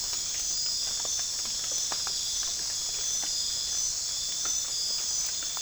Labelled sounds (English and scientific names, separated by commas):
none